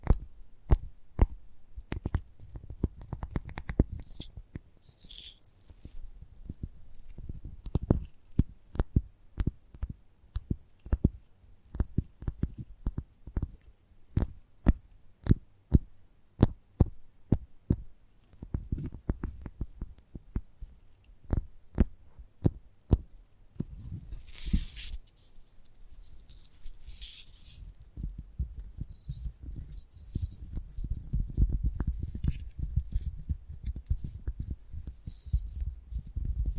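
Gentle tapping comes in quick, irregular clusters of light knocks, dense through the first twenty seconds and sparser later. Brief hissy rustles appear around 5 and 24 seconds, and a low soft rumble sits underneath, swelling near the end.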